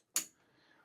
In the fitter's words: There's a click.